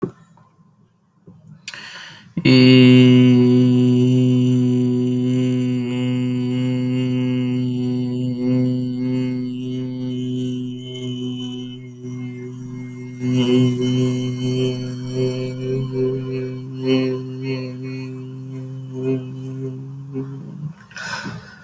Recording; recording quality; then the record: sustained vowel as in made; excellent, no background noise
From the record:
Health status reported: healthy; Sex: male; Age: 23 years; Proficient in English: yes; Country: India